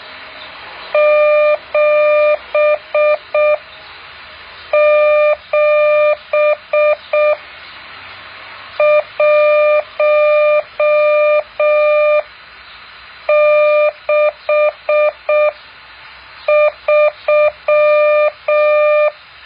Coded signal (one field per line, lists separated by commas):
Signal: Morse code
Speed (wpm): 6 wpm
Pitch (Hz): 600 Hz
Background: none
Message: 77163